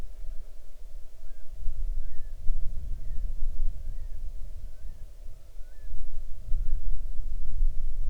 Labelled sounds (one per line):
bird